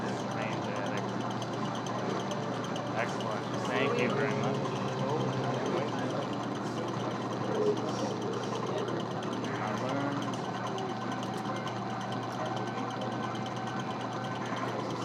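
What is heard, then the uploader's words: Crowded amusement arcade at a seaside fairground, full of overlapping chatter, electronic game tones and steady machine hum. A low, constant drone runs underneath throughout, with dense mid-range babble and bright beeps flickering in and out. Loudness stays even, rising briefly around four and eight seconds. Coney Island, Arcade Wheel.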